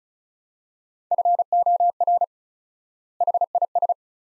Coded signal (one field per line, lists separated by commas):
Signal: Morse code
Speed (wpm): 34 wpm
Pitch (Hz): 700 Hz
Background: none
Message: FOR HIS